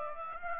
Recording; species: mosquito wingbeat signal from an infrared sensor; Aedes aegypti